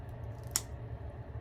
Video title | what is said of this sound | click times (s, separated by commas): Amazon SKL Store 10" U-Part Bob Wig/ Amazon ALIACHOOS Store Goddess Locs | so they snap in place | 0.6 s